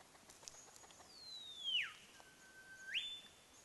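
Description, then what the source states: Olive whistler singing one long whistled phrase that glides down, levels on a low pure note, then jumps abruptly up to end on a high note. Recorded at Rennick.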